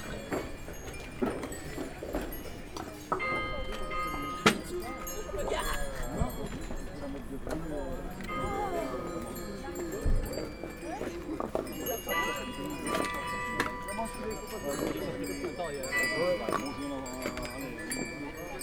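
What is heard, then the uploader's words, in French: A walk through Belgian soundscapes, dense and steady throughout, with overlapping voices murmuring and calling. Animal cries, possibly sheep, and clanking bell-like tones drift in and out, while sharp knocks land near 3, 4.5 and 10 seconds. C’est une marche traversant des espaces sonores Belges. La vie se déroule et chante, trépigne, longe des canaux, frappe et martèle le sol. Il y a de grands espaces, des tours, des rivières, mais aussi des pièces fermées, des chambres et des escaliers qui communiquent avec le dehors.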